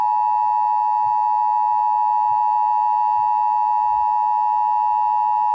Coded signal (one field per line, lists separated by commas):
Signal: Emergency Alert System (SAME) tones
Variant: 853 and 960 Hz attention tone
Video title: new hampsure EAS 73￼